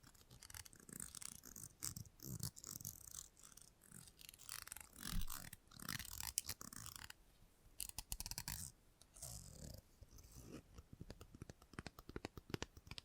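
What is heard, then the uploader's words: Salon haircut sounds with close, crisp snipping and rustling, dense and irregular throughout the clip. Quick clusters of sharp clicks and brushing strokes come in bursts, with brief pauses, and a sharper run of rapid ticks fills the last few seconds. Salon Haircut Head Massage, Scissors and Clipper.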